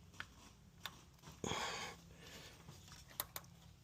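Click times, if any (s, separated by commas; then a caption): 3.2 s. A spark plug wire boot is pushed back onto a swapped ignition coil on a V8 engine of a 2015 Chevy Tahoe, which is being tested to tell if the coil is bad. Faint ticks and a brief rustling burst near 1.5 s give way to a sharp click at 3.2 s as the boot seats onto the coil, followed by a couple of smaller ticks.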